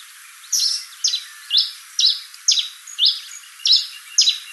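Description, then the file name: Pileated finch uttering a steady series of eight crisp, high chip notes, about two per second. "coryphospingus pileatus"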